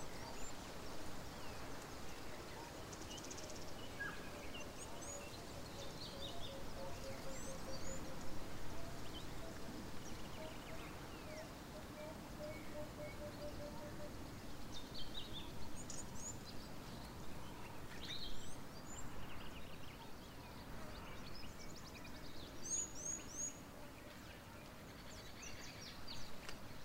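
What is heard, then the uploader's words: African bush ambience with a steady low rumble of wind running through the whole recording. Short, high bird chirps and trills come and go every few seconds, with a brief cluster of bright calls near twenty-three seconds. Relaxing Sounds Of The African Bush. Birds, wind an other wildlife.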